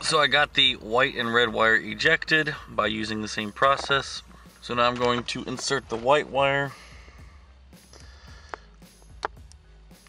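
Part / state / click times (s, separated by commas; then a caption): wire terminal pin into ECU harness connector / seated / 9.2 s. Someone talks while inserting a white wire's terminal pin into slot B12 of the ECU harness connector during MPFI wiring on an EF Civic wagon with a B20 swap. After the talking stops, faint handling ticks are followed by a sharp click at 9.3 s as the terminal seats in the connector.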